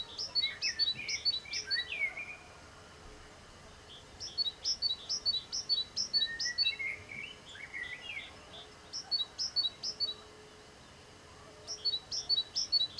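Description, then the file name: Great tit repeating a ringing two-note phrase in several bursts with gaps, while another songbird twitters and whistles lower down. "Parus major"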